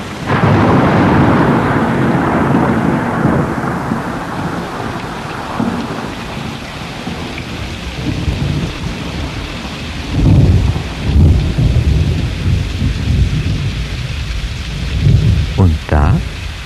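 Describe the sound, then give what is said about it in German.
Heavy rain pours in a steady, loud hiss as the rainy season begins, while deep thunder rolls and rumbles underneath, swelling again in heavier bursts toward the end. “Im dramaturgisch genau richtigen Moment begann die Regenzeit.”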